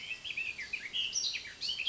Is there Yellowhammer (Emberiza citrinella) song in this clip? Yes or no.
no